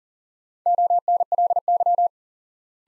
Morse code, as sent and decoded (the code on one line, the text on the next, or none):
--- -. .-.. -.--
ONLY